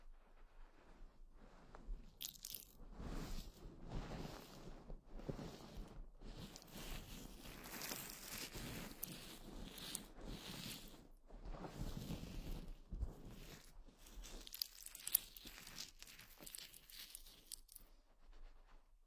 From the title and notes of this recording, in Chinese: 疗愈SPA！头部调理，深度放松。